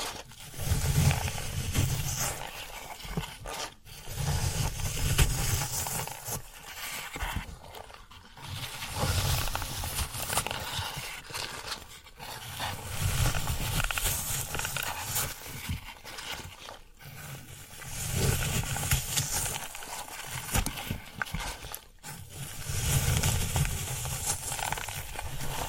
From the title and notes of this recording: ASMR Satisfying Tingle Stimulating Floral Foam Sounds for Sleep (No Talking).